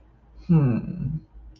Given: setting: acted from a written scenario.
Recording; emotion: vocal sound without words; romantic love